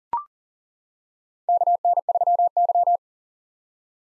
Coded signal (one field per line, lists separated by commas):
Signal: Morse code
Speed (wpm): 38 wpm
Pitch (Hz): 700 Hz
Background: none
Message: KN3Y